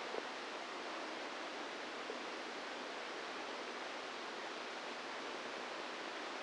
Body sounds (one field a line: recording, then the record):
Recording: brain microelectrode recording played as sound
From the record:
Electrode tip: inside the subthalamic nucleus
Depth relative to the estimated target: 1 mm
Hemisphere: right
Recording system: NeuroSet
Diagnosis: Parkinson's disease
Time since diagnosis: 10 years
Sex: female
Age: 45 years